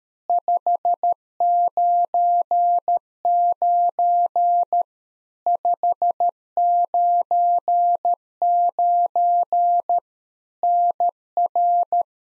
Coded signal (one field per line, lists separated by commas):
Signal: Morse code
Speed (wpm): 13 wpm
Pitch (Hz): 700 Hz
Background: none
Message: 599 599 NR